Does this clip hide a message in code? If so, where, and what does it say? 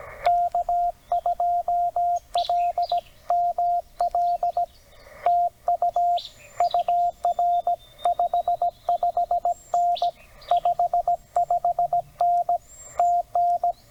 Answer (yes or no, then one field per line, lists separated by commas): yes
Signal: Morse code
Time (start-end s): 0.3-13.7 s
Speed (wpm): 16 wpm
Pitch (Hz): 700 Hz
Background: radio noise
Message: K2LML TU UR 55N 55N TN